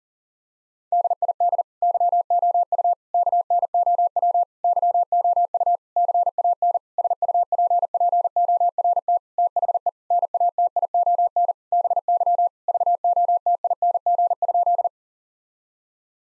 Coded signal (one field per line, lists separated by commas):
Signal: Morse code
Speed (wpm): 37 wpm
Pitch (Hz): 700 Hz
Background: none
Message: DID YOU KNOW YOU CAN SUPPORT THE NATION BY VOTING?